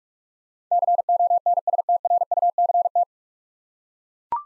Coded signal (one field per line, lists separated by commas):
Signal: Morse code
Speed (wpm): 42 wpm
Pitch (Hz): 700 Hz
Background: none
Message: CONSTRUCT